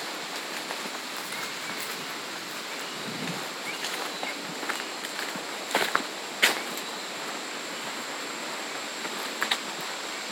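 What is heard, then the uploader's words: Footsteps on a farm trail, heard as soft, irregular crunches over a steady hiss of outdoor air. Sharper scuffs stand out near six seconds and again around nine and a half, while a faint high whine runs throughout. Footfalls on a Farm Trail.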